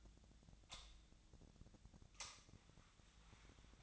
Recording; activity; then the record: daily activity, microphone in the room; light on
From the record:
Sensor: 3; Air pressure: 1009.8 hPa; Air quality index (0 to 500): 190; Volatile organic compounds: 14 ppm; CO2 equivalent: 2473 ppm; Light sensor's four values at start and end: 39/96/41/44 and 46/119/51/52